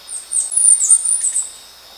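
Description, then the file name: Bird giving very high, thin whistled calls that waver and slur over about a second, above a steady high-pitched hiss. "SABIOD 50 bird 2015"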